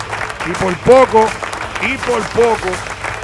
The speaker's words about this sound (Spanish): Así que aplauso, aplauso, aplauso, tíralo ahí.